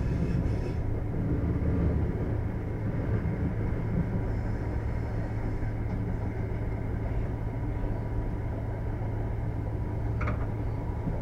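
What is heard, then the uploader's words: A steady low rumble of a train rolling through the landscape fills the whole stretch, dense and unbroken, heard from inside a carriage. Faint track noise runs underneath, with a brief higher clink or squeal near the tenth second. Sleeper train to London. Its midnight and you’re booked onto the overnight train from Penzance to London Paddington. You’ve got your own cabin. Through the night the train rocks back and forth and the sound of the tracks and the rumble of the train through the landscape lulling you to sleep.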